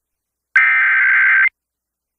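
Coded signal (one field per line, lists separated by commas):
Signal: Emergency Alert System (SAME) tones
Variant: header bursts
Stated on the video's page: Real Amber Alert EAS activation aired on an FM radio station.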